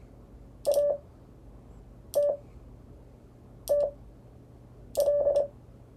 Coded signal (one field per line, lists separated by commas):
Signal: Morse code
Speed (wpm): 25 wpm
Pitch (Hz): 580 Hz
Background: none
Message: ATTL